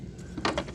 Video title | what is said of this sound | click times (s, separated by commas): Roborock Q5 Pro Robot Vacuum and Mop UNBOXING and FIRST LOOK - Out of the Box First Run | in rotate it clicks into place this does kind of float up and down | 0.5 s